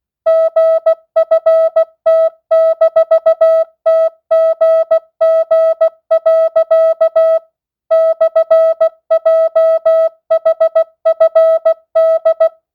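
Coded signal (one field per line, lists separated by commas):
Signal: Morse code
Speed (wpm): 16 wpm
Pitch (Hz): 650 Hz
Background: music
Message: GFT-TGG. /JHFD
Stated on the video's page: Morse receiving practice at 16 wpm, non-Farnsworth, with variable word length.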